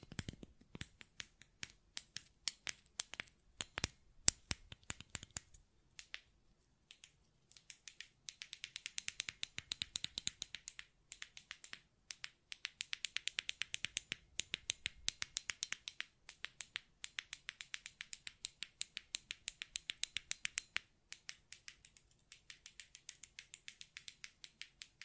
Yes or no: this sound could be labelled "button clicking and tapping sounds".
yes